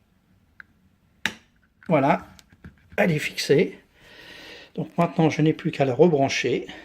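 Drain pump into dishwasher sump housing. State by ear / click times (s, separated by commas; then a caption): seated / 1.3 s. A drain pump is refitted into the sump housing of a Whirlpool DWHB00 dishwasher and turned slowly until its plastic retaining clip snaps home with a sharp click at 1.3 s, after a faint tick at 0.6 s. The pump is seated, and someone then talks.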